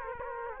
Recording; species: mosquito wingbeat signal from an infrared sensor; Culex quinquefasciatus